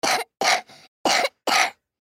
Sick sound effects cough male two yrs boy.